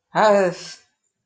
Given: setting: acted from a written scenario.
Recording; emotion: vocal sound without words; anger